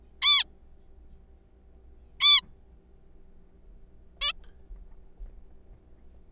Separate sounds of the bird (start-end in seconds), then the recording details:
0.22-0.44, 2.21-2.41, 4.21-4.32. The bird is a juvenile. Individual R3428